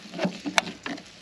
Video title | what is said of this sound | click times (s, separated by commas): Exciting EcoFlow Delta Pro and Smart Battery Unveiling & Start-Up | You hear it click. | 0.6 s